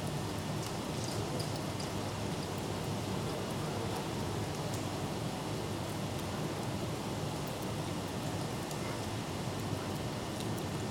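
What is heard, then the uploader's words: Light summer rain fizzes steadily from an office window, a dense, even patter with a low rumbling bed beneath it. Small bright ticks of individual drops scatter throughout, a little more frequent in the first few seconds and again near the end. Office Window, Rain, Vase ~ Leeds, UK. The sounds of light summer rain from an office window. Field recording by oliver thurley , summer 2018.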